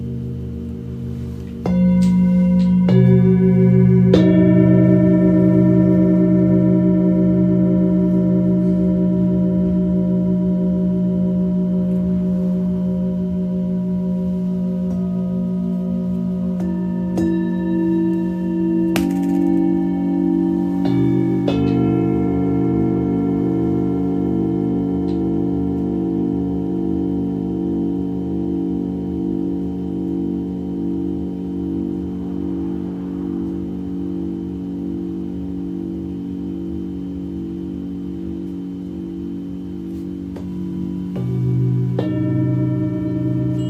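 A singing bowl is struck several times, roughly at 2, 4, 17, 21 and 41 seconds, each strike adding a bright ring over a low, steady hum. The tones sustain and beat slowly, fading only gradually between strikes, with no other sounds present.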